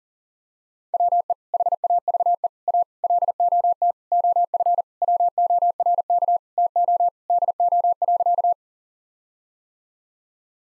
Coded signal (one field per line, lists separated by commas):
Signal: Morse code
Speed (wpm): 40 wpm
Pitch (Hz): 700 Hz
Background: none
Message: WE HAVE A LOT OF WORK TO DO.